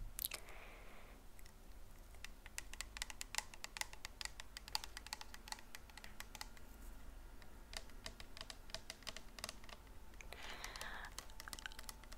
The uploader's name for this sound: Closeup Whispers